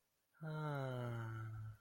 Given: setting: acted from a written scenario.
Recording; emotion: vocal sound without words; adoration